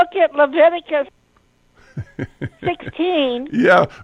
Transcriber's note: laughs